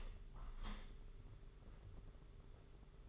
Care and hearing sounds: daily activity, microphone in the room; open window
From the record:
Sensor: 4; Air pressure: 992.1 hPa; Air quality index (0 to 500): 106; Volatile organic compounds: 15 ppm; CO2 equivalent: 2514 ppm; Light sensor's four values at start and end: 22/77/28/30 and 23/78/28/30

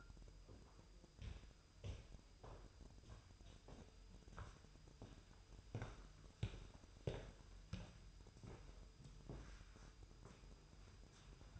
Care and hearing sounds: daily activity, microphone in the room; walk to room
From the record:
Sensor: 2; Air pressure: 988.1 hPa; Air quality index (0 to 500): 187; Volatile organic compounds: 165 ppm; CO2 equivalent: 4086 ppm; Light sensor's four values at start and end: 21/70/27/26 and 21/70/27/26

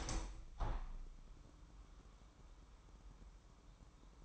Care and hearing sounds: daily activity, microphone in the room; open window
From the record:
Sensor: 1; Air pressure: 998.6 hPa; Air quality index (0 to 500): 128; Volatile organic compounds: 4 ppm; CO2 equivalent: 1541 ppm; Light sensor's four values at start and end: 8/20/8/9 and 8/20/8/10

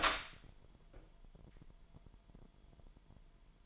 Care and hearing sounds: daily activity, microphone in the room; open door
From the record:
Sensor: 5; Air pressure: 998.5 hPa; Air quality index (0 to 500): 81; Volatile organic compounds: 1 ppm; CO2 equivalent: 918 ppm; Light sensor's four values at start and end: 34/83/34/38 and 34/83/34/38

